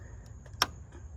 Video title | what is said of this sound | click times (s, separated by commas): 2006 Ford Explorer coolant temp sensor replacement. | make sure you hear that snap | 0.6 s